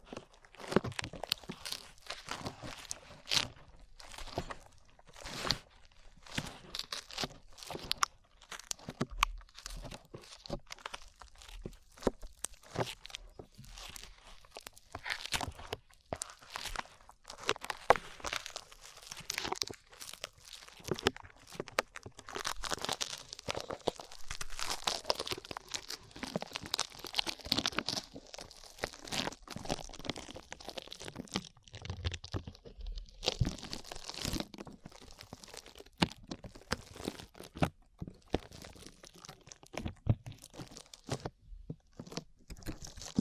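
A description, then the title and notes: Sticky slime sounds fill the whole 43 seconds with dense, irregular crackles, squishes and crunchy pops. Bright wet clicks cluster heavily between about 20 and 35 seconds, with soft low thumps now and then and no voices. ASMR SLIME IN YOUR EARS 3Dio Sticky Sounds (No Talking).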